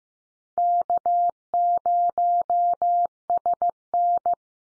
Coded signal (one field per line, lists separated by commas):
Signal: Morse code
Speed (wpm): 15 wpm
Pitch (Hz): 700 Hz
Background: none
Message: K0SN